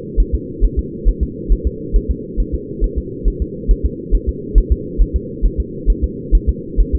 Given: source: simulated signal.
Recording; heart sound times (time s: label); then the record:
fetal heart sounds
0.20 s: S1
0.34 s: S2
0.64 s: S1
0.79 s: S2
1.09 s: S1
1.23 s: S2
1.52 s: S1
1.67 s: S2
1.96 s: S1
2.11 s: S2
2.40 s: S1
2.54 s: S2
2.84 s: S1
2.98 s: S2
3.28 s: S1
3.42 s: S2
3.71 s: S1
3.86 s: S2
4.15 s: S1
4.29 s: S2
4.58 s: S1
4.72 s: S2
5.02 s: S1
5.16 s: S2
5.45 s: S1
5.60 s: S2
5.90 s: S1
6.04 s: S2
6.35 s: S1
6.49 s: S2
6.80 s: S1
6.95 s: S2
From the record:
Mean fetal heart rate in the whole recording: 135 bpm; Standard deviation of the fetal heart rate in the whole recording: 3 bpm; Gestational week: 36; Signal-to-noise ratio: -4.1 dB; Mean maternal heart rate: no maternal heart sound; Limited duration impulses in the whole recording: absent